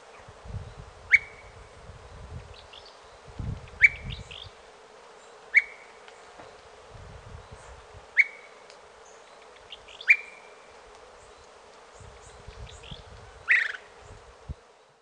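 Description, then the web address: Brown-crested flycatcher calls: a sharp whip note with a short level tail, repeated about every two to three seconds, over low rumbling noise in the background. Recorded in Ecuador. "Birds of Ecuador. Brown-crested Flycatcher"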